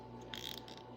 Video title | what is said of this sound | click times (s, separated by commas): Working on the Dining Room! | Maybe. Yes, yes. Look, I just popped it into place. | 0.3 s